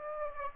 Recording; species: mosquito wingbeat signal from an infrared sensor; Aedes aegypti